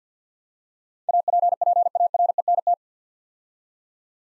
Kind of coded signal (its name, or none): Morse code